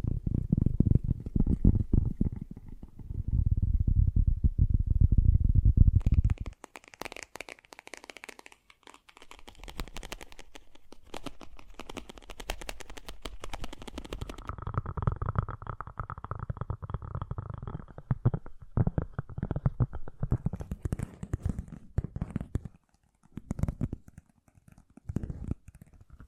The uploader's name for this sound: Fast & Gentle Tapping